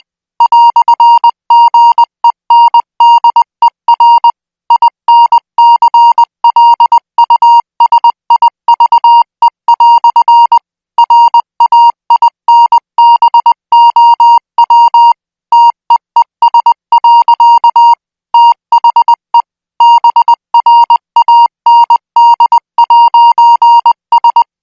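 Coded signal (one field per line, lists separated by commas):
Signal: Morse code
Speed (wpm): 20 wpm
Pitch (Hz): 940 Hz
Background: music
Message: "GENDER INCLUSIVE" RAINBOW TEES. THE BRAND'S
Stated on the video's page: Morse code signal sent at 20 words per minute, made for military signal school training.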